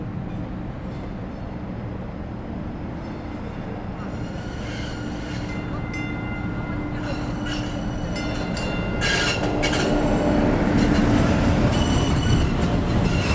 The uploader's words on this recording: Boston MBTA Greenline Train Arrival by Genobunny.